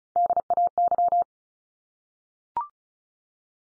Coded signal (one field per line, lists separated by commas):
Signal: Morse code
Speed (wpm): 34 wpm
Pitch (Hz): 700 Hz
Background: none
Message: DAY